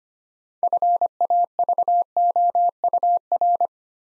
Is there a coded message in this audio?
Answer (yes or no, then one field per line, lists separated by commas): yes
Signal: Morse code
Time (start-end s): 0.6-3.7 s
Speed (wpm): 25 wpm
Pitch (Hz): 700 Hz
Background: none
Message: FAVOUR